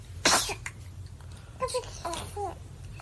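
A baby gives one sharp, abrupt sneeze, the last of a short run of sneezes, then makes a few soft cooing sounds.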